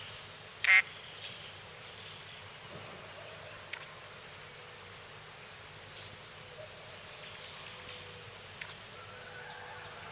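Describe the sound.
Crested drongo calling once early with a sharp, rasping burst, followed by quiet stretches of faint high chirps and a few clicks.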